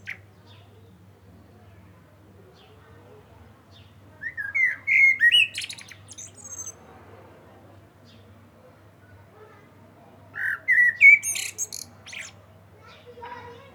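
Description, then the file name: Common blackbird song: two short phrases of low whistled notes with high twittered flourishes, separated by long silences, faint low hum beneath. "Turdus merula"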